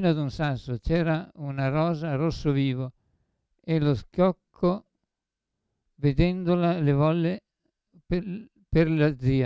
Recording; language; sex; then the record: read passage; Italian; male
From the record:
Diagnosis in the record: Parkinson's disease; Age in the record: 75 years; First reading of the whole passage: 62 s, 8.3 characters per second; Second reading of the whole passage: 57 s, 9.2 characters per second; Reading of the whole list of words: 53 s, 5.3 characters per second